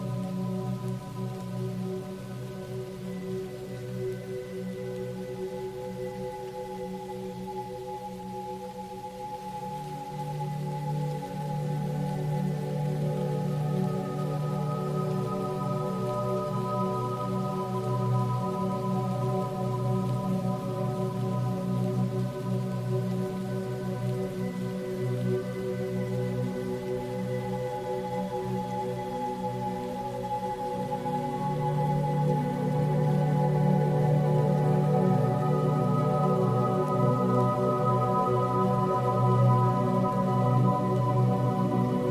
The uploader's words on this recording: Relaxing minecraft music with soft rain.